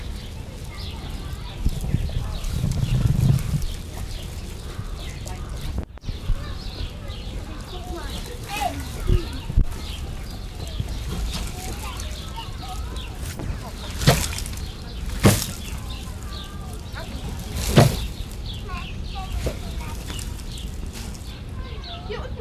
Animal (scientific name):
Hystrix indica